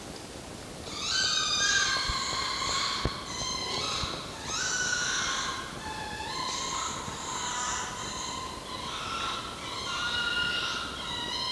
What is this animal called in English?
Red Fox